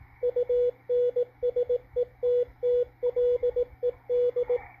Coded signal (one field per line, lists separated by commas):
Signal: Morse code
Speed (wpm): 19 wpm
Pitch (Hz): 490 Hz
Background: radio noise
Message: UNSETTLED